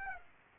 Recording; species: mosquito wingbeat signal from an infrared sensor; Aedes aegypti